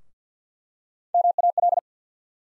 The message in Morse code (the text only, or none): MAL